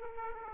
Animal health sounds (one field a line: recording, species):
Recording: mosquito wingbeat signal from an infrared sensor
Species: Aedes aegypti